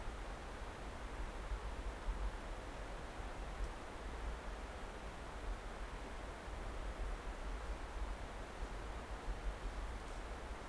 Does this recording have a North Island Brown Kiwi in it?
no